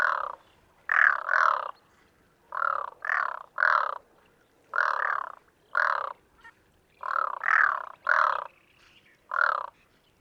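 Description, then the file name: Pacific loon gives harsh, barking notes in short groups of two or three, repeated irregularly in an otherwise quiet setting. "Pacific Loon - Gavia pacifica"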